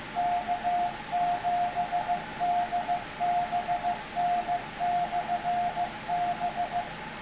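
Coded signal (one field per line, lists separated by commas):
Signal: Morse code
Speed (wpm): 15 wpm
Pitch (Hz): 720 Hz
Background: none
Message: K7DBN/B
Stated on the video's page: Heard scanning the HF ham bands with good conditions, including 10 meters.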